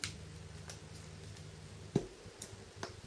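A plastic bezel (midframe) is being handled and fitted onto a Samsung Galaxy S4 (i9500/i9505) smartphone chassis during reassembly after an LCD replacement. A few faint, short plastic ticks and taps sound over a low steady hum, with the sharpest one just before 2 seconds. The bezel has not clicked or seated into place yet.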